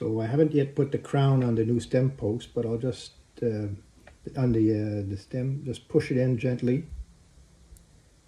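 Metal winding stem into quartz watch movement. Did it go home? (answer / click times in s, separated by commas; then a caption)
no / none. Someone talks while gently pushing a new metal winding stem, without its crown on the stem post yet, into a quartz watch movement. A faint tick is heard near 7.8 s, but the stem has not seated or clicked into place yet.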